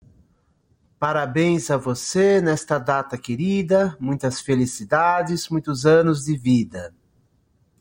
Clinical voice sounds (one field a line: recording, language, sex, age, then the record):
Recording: short text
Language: Brazilian Portuguese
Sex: male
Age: 50 to 59 years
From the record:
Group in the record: control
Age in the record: 52 years